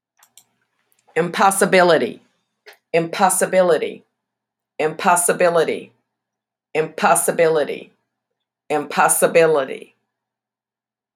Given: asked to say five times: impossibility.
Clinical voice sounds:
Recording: repeated word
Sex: female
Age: 50 to 59 years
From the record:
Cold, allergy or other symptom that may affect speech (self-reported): no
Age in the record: 56 years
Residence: North Carolina, United States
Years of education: 16

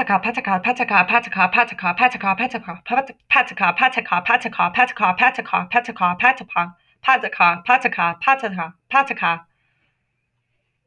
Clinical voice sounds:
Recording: repeated syllables /pa ta ka/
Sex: female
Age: 20 to 29 years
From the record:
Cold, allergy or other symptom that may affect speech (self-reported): no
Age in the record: 27 years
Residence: Texas, United States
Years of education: 14

